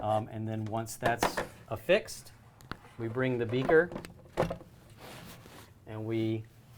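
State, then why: Not seated. A frozen food beaker in its protective outer holder is brought up to the splash guard and blade assembly of a Pacojet 4 ice cream processing machine while someone talks, with a few soft handling bumps and a short sharp tap near 2.7 seconds. The clip ends before the beaker locks into the splash guard, so nothing has clicked or seated yet.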